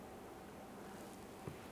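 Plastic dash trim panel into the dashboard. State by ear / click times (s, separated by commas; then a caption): not seated / none. A plastic dash trim panel is handled against the dashboard of a 2015-2020 Ford F-150 during a cabin air filter replacement, with a steady low background hiss and a brief soft bump near 1.5 seconds. Nothing has seated or clicked yet.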